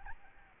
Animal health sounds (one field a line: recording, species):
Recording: mosquito wingbeat signal from an infrared sensor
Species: Aedes albopictus